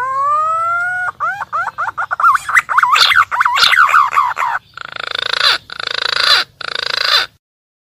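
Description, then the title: Green pigeon calling: a rising whistle, then fast wavering whistled notes, then a series of harsh, grating bursts. Lively, constantly calling green pigeon, used as a lure call for trapping birds in the wild. "BURUNG PUNAI GACOR UNTUK PIKAT DI ALAM"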